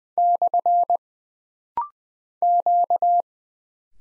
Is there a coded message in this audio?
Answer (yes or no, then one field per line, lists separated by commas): yes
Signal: Morse code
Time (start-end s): 0.2-3.2 s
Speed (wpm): 20 wpm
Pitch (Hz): 700 Hz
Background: none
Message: / Q